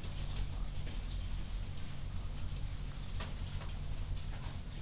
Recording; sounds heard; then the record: poultry house recording; no chicken sound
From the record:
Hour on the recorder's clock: 1